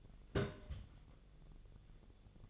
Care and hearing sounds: daily activity, microphone in the room; place on stove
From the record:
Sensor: 4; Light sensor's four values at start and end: 38/93/39/43 and 38/93/39/43

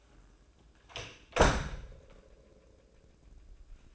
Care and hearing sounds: daily activity, microphone in the room; close door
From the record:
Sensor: 2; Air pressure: 1012.2 hPa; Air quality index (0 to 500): 162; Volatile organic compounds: 2 ppm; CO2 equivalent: 1178 ppm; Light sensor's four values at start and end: 360/901/365/380 and 364/909/369/384

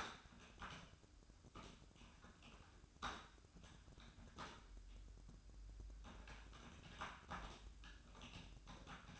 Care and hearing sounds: daily activity, microphone in the room; typing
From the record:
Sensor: 2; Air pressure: 1007.5 hPa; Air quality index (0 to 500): 43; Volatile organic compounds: 1 ppm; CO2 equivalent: 549 ppm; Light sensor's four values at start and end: 9/22/9/10 and 9/22/9/10

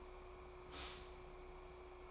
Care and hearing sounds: daily activity, microphone in the room; stop toaster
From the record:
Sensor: 1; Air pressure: 1004.2 hPa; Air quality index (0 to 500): 201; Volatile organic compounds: 19 ppm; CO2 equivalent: 2650 ppm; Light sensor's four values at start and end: 4/13/4/5 and 5/13/4/5

